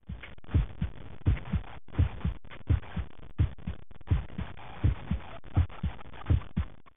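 Regular low thumping paired beats at about 83 a minute, each a lub-dub pair, steady throughout with a faint background hiss. An ordinary adult heartbeat heard through a stethoscope.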